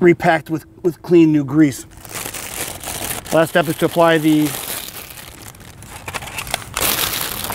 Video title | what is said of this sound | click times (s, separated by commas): Orientation - Compact LX VMT | cover and just align these with the lug nuts and it just snaps in place. | 6.5 s, 6.8 s